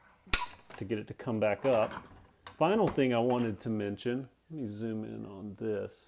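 A wheel rack, stored locked on the bottom of a folded steel folding bicycle stand, is pulled and pops free of its two lock tabs. It makes a loud, sharp metallic snap at 0.3 s so it can come back up. Someone then talks.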